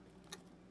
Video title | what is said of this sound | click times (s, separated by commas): Fluval 107 Unboxing And Optimizing, Pimp My Filter | so that just pops right in there | 0.3 s